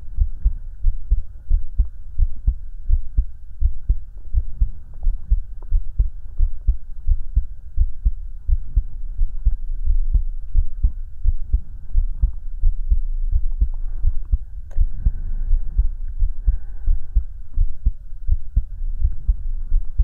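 A normal adult heartbeat heard close against the chest, at about 87 beats per minute, with low, throbbing beats and soft breathing sounds, as if the listener's head is hugged against the chest.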